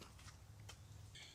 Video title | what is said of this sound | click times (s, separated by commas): How to Install Your Pulsar Halo Doorbell Camera | you get it into place and get it snapped down into position as you can see I must have hit the power button because lights are flashing but | 0.7 s